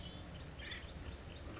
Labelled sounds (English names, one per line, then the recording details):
Acorn Woodpecker
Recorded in Sonoma County, California